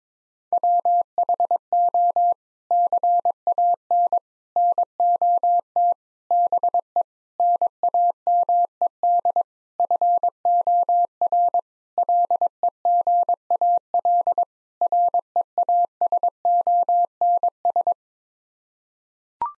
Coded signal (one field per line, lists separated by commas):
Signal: Morse code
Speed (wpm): 21 wpm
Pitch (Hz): 700 Hz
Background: none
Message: WHO CAN NOT BE NAMED FOR LEGAL REASONS